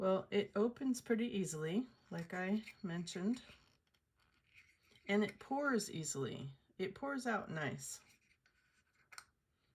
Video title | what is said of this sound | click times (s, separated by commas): Diamond Painting Storage Review | clicks closed. | 9.1 s, 9.2 s